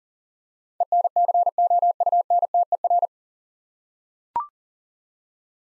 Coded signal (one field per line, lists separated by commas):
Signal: Morse code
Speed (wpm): 40 wpm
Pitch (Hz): 700 Hz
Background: none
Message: ENCOUNTER